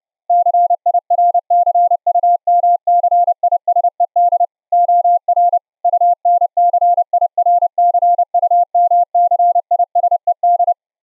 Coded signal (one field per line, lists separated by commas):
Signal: Morse code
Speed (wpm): 30 wpm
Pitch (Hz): 700 Hz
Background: none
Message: CIRCUMCISED OR UNCIRCUMCISED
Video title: The CW RE-Keyer System(Win 10) harsh square wave IN - pure sine wave OUT - with Raised Cosine edges